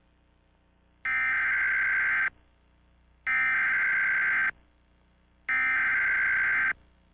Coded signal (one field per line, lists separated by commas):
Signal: Emergency Alert System (SAME) tones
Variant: header bursts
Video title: EAS Scenario: Ice Ice Deadly. (Plz Read Description before watching!)